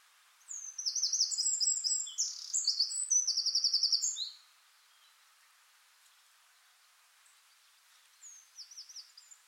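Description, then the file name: Eurasian wren song: a long loud outpouring of fast high trills and rattling notes lasting nearly four seconds, quiet, then a softer repeated trill near the end. "Troglodytes troglodytes"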